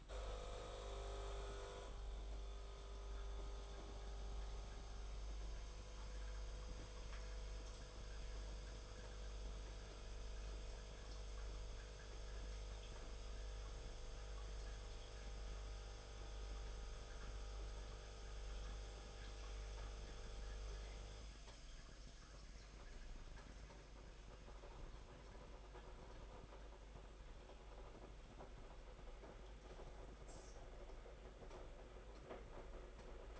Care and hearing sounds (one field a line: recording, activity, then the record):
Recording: daily activity, microphone in the room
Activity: make coffee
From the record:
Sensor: 5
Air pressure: 991.9 hPa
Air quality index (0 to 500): 166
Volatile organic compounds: 391 ppm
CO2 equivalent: 4656 ppm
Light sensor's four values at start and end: 32/109/41/43 and 32/109/41/43